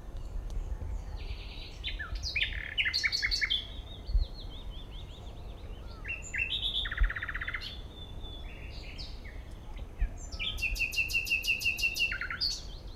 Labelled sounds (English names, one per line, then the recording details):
Common Nightingale song
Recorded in the wild
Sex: male
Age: adult
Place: Malchower Aue, Berlin, DE
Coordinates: 52.5667, 13.4833
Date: 1990-05-20 21:08
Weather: 13,5°C
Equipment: Uher 4400 Report Monitor, Sennheiser MKH 416 T
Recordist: Frommolt, Karl-Heinz